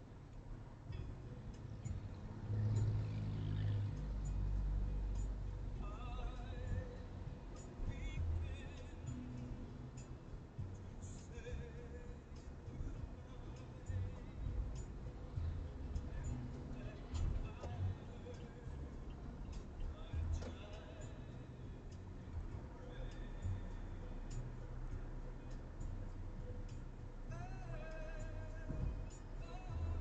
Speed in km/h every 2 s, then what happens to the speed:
77, 77, 76, 75, 74, 74, 75, 77, 80, 83, 86, 86, 84, 82, 80.
0-11 steady at about 75. 11-20 speeds up to 86. 20-30 slows to 80.